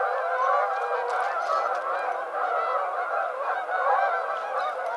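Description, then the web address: Dense chorus of Canada goose honks, many birds calling together in a steady, unbroken wall of nasal honking. Recorded on 7 February 2007. "Canada Goose 2007 02 07"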